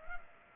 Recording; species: mosquito wingbeat signal from an infrared sensor; Culex pipiens